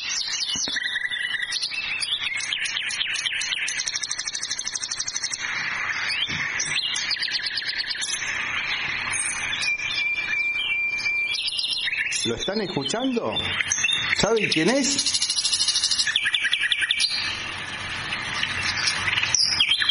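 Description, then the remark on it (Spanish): A nightingale sings a rich, varied song of rapid trills, whistles and chirps in high bursts, with insect-like buzzing underneath and a voice speaking briefly over it. “Este cantor nato es el ruiseñor. Mira qué lindo que canta.”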